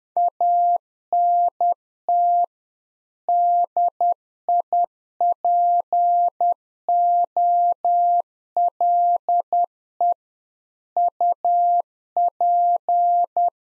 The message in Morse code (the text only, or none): ANT DIPOLE UP